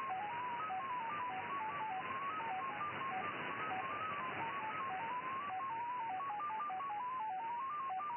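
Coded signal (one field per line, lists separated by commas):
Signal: numbers station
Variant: XPA MFSK 10 baud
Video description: XPA 873 1, 9. 1. 2014 19:20, 6791 kHz / MFSK 10 baud. Message for ID 873 and quite a long one. SVR Russian Foreign Intelligence Numbers Station.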